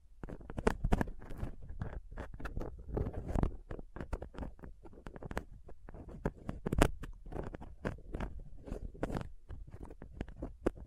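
Rough scratching and picking at a microphone with a dental pick, tweezers and a cotton swab. Dense, irregular scrapes and taps come in quick bursts throughout, with a low rumbling thud beneath and several sharp, bright clicks, loudest near the seventh second.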